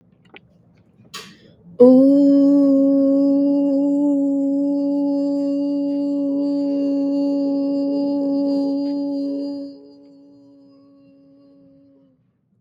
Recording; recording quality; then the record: sustained vowel as in boot; excellent, no background noise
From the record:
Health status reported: recovered from COVID-19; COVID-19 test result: positive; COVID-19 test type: RT-PCR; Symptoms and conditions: cough, cold, sore throat, fatigue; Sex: female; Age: 26 years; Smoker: no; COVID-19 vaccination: both doses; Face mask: worn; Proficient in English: yes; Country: India